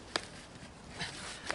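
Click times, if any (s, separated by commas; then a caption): none. A plastic drainage pipe fitting is pushed onto a downspout adapter, with brief sharp knocks at about 0.2 and 1.5 seconds over low background noise. The fitting has not snapped into place, possibly because the other piece should have gone in first.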